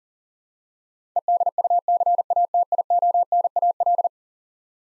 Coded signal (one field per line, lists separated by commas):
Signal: Morse code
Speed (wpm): 38 wpm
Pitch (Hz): 700 Hz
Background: none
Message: EDUCATIONAL